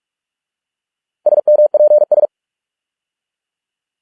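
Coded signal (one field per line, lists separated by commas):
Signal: Morse code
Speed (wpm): 46 wpm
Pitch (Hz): 600 Hz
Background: none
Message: SMPS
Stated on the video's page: Morse code practice of English words at 45 wpm.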